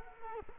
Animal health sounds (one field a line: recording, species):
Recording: mosquito wingbeat signal from an infrared sensor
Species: Culex quinquefasciatus